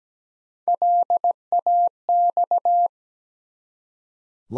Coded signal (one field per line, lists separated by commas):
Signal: Morse code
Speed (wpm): 17 wpm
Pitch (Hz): 700 Hz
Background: none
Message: LAX